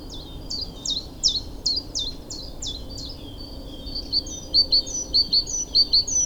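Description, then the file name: Great tit giving high, thin notes repeated rapidly, first a run of down-slurred notes and then a faster series of sharp pips, over steady background noise. "Parus major"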